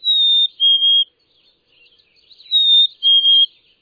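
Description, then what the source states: Black-capped chickadee song, a sweet whistled two-note phrase, the first note slightly higher, sung twice about two and a half seconds apart. Sweet whistled song of 2 to 3 notes, the first a bit higher, which separates it from the nearly identical Carolina Chickadee where ranges overlap.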